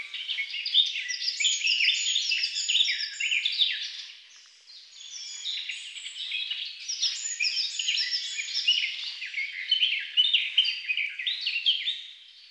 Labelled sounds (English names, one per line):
Garden Warbler song